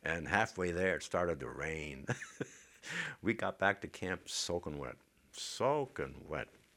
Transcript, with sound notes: And halfway there it started to rain, ( he laughs ) We got back to camp soaking wet, soaking wet,